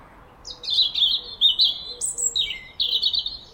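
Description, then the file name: European robin singing a continuous run of high, sweet, tumbling whistles and thin trills that jump up and down in pitch. "Erithacus rubecula"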